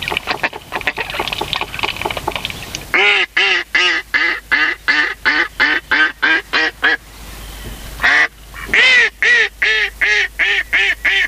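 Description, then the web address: Mallard giving long runs of loud, nasal quacks, about three per second, pausing once before resuming, with softer chattering before the first series. "sikioto. magamo"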